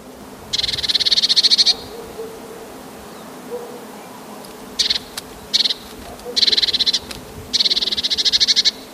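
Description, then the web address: Eurasian blue tit song: fast buzzy trills of rapidly repeated high notes in bursts of varying length, some long and some very short, coming in several separate bouts with gaps between them. "wroblowe teka glos 1"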